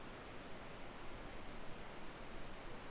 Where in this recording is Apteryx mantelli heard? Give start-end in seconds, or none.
none